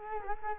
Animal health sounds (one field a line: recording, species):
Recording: mosquito wingbeat signal from an infrared sensor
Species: Culex quinquefasciatus